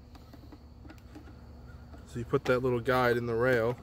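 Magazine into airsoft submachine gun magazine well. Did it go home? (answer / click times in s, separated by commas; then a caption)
no / none. The magazine's little guide is lined up on the rail of a Cybergun Thompson 1928 airsoft submachine gun before being pushed up into the magazine well to latch. Faint handling ticks sound at 0.1 s and 1.0 s over a low hum, and someone talks from about 2.1 s. Nothing has clicked or seated yet.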